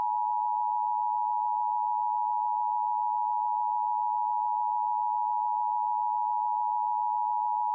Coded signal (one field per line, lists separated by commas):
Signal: Emergency Alert System (SAME) tones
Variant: 853 and 960 Hz attention tone